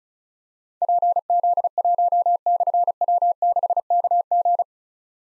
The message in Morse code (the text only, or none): PZ1/W6KG